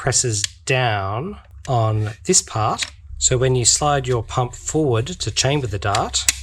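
The pump lock catch in a foam dart blaster is handled while someone talks about sliding the pump grip forward to chamber a dart, with faint clicking and tapping under the voice. Nothing has seated or clicked into place yet.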